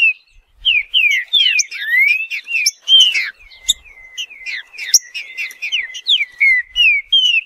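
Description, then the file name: Green-winged saltator singing rapid bright whistled notes, rising and falling slurs packed closely, with a steady held note through the middle. "canto do trinca ferro"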